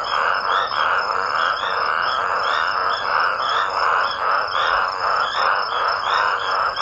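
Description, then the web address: Toads croaking in a dense chorus, a continuous harsh rattle pulsing steadily. Toads calling raucously. "smallsounds raucous-toads sotw"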